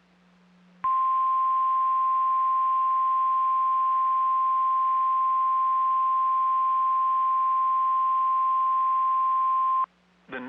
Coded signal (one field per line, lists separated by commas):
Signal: Emergency Alert System (SAME) tones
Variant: 1050 Hz attention tone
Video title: NOAA Weather Radio - FFW (Interrupted)/Severe Thunderstorm Warning [EAS #188-#189] (6/2/22)